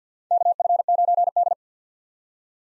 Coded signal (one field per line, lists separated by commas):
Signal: Morse code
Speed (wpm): 50 wpm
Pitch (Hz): 700 Hz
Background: none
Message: KF9D